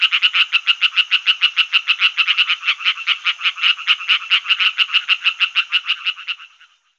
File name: rainette verte